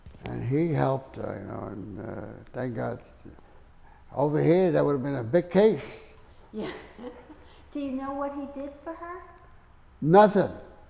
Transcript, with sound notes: And he helped her, you know, and thank God. Over here, that would have been a big case. [chuckles]
Do you know what he did for her?
Nothing.